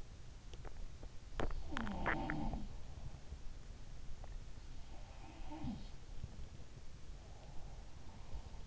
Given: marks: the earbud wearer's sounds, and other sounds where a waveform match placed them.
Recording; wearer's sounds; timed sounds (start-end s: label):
sounds in sleep by an in-ear microphone; teeth grinding, swallowing, breath
1.24-2.79 s: sound from someone else or the room
1.33-1.99 s: teeth grinding
1.99-2.61 s: swallowing
4.77-6.12 s: sound from someone else or the room
7.15-8.67 s: breath